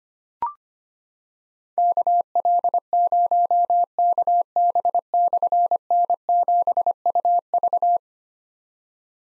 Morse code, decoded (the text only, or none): KL0KB/N7UV